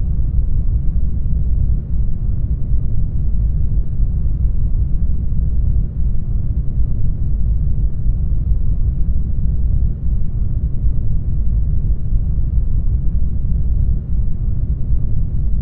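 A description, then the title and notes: A floating ambient noise, a deep, steady rumble that sits almost entirely in the low end with only a faint, muffled haze above it. The level barely changes across the sixteen seconds, holding a dense, even drone with no distinct events. Floating Ambient Noise.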